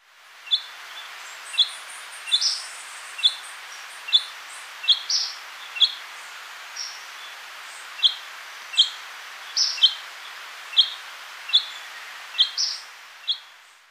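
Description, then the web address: Golden-faced Tyrannulet calls: short high notes repeated roughly every second, some doubled, over a steady hiss. Subspecies albigularis, recorded in Ecuador. "Birds of Ecuador Golden-faced Tyrannulet"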